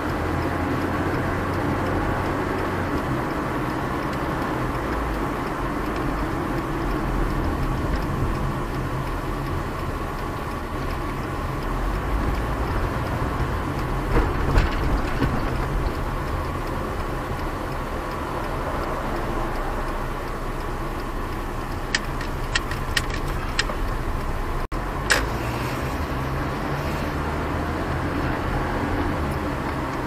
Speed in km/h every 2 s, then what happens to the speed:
38, 43, 47, 40, 31, 22, 22, 22, 19, 16, 15, 13, 8, 14, 23.
0-4 speeds up to 47. 4-23 slows to 8. 23-30 speeds up to 23.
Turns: 20-25.